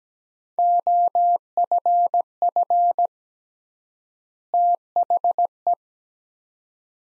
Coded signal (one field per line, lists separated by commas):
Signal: Morse code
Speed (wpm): 17 wpm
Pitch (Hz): 700 Hz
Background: none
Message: OFF THE